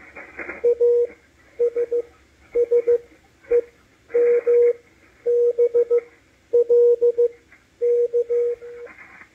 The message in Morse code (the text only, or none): ASSEMBLK